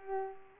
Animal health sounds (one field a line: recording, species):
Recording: mosquito wingbeat signal from an infrared sensor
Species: Culex pipiens